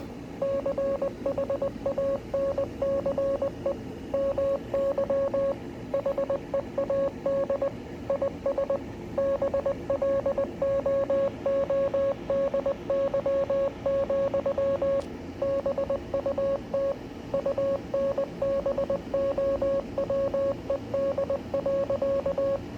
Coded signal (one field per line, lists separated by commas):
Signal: Morse code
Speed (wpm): 20 wpm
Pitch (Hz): 550 Hz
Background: radio noise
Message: CHANCE MY HEAD IS BLOODY, BUT UNBOWED.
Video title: Invictus in morse code